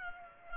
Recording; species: mosquito wingbeat signal from an infrared sensor; Culex pipiens